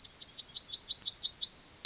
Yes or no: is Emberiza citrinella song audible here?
yes